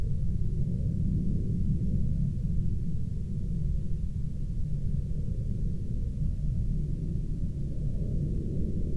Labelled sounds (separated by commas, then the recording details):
aircraft
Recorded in Ivvavik National Park, Yukon, on 12 May 2019 at 00:59
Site SINP09